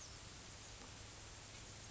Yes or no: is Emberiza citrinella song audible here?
no